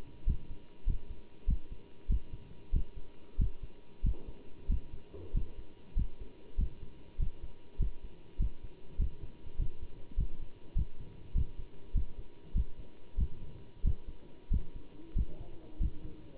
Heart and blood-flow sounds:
heart sounds by stethoscope; between the tricuspid and mitral areas; 97 bpm
0.28 s: heartbeat
0.88 s: heartbeat
1.49 s: heartbeat
2.11 s: heartbeat
2.75 s: heartbeat
3.40 s: heartbeat
4.05 s: heartbeat
4.71 s: heartbeat
5.36 s: heartbeat
5.98 s: heartbeat
6.60 s: heartbeat
7.21 s: heartbeat
7.81 s: heartbeat
8.41 s: heartbeat
9.01 s: heartbeat
9.60 s: heartbeat
10.19 s: heartbeat
10.78 s: heartbeat
11.37 s: heartbeat
11.96 s: heartbeat
12.57 s: heartbeat
13.20 s: heartbeat
13.86 s: heartbeat
14.53 s: heartbeat
15.17 s: heartbeat
15.82 s: heartbeat
From the record:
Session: bicycle stress test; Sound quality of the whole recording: good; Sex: male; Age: 27 years

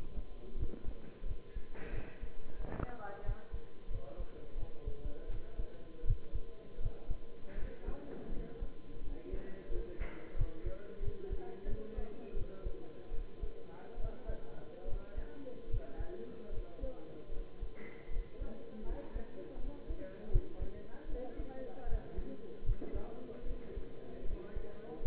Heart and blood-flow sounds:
heart sounds by stethoscope; between the tricuspid and mitral areas; 81 bpm
0.56 s: heartbeat
1.24 s: heartbeat
1.92 s: heartbeat
2.58 s: heartbeat
3.24 s: heartbeat
3.89 s: heartbeat
4.56 s: heartbeat
5.28 s: heartbeat
6.05 s: heartbeat
6.79 s: heartbeat
7.57 s: heartbeat
8.31 s: heartbeat
9.02 s: heartbeat
9.70 s: heartbeat
10.36 s: heartbeat
11.02 s: heartbeat
11.67 s: heartbeat
12.35 s: heartbeat
13.12 s: heartbeat
13.99 s: heartbeat
14.87 s: heartbeat
15.69 s: heartbeat
16.51 s: heartbeat
17.31 s: heartbeat
18.10 s: heartbeat
18.84 s: heartbeat
19.58 s: heartbeat
20.30 s: heartbeat
21.07 s: heartbeat
21.86 s: heartbeat
22.64 s: heartbeat
23.45 s: heartbeat
24.24 s: heartbeat
25.02 s: heartbeat
From the record:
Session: bicycle stress test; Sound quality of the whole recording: good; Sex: male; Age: 23 years

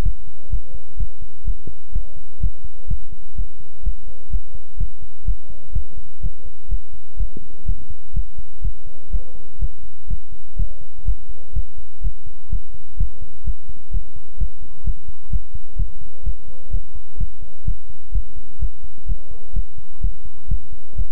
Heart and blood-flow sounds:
heart sounds by stethoscope; between the tricuspid and mitral areas; 126 bpm
0.02 s: heartbeat
0.50 s: heartbeat
0.97 s: heartbeat
1.44 s: heartbeat
1.92 s: heartbeat
2.40 s: heartbeat
2.87 s: heartbeat
3.35 s: heartbeat
3.83 s: heartbeat
4.30 s: heartbeat
4.77 s: heartbeat
5.25 s: heartbeat
5.72 s: heartbeat
6.20 s: heartbeat
6.68 s: heartbeat
7.17 s: heartbeat
7.65 s: heartbeat
8.13 s: heartbeat
8.61 s: heartbeat
9.10 s: heartbeat
9.58 s: heartbeat
10.07 s: heartbeat
10.56 s: heartbeat
11.05 s: heartbeat
11.53 s: heartbeat
12.01 s: heartbeat
12.49 s: heartbeat
12.97 s: heartbeat
13.44 s: heartbeat
13.91 s: heartbeat
14.37 s: heartbeat
14.84 s: heartbeat
15.30 s: heartbeat
15.76 s: heartbeat
16.23 s: heartbeat
16.70 s: heartbeat
17.17 s: heartbeat
17.65 s: heartbeat
18.12 s: heartbeat
18.59 s: heartbeat
19.06 s: heartbeat
19.53 s: heartbeat
20.01 s: heartbeat
20.48 s: heartbeat
20.95 s: heartbeat
From the record:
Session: pedaling a stationary bicycle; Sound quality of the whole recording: good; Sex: male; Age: 24 years

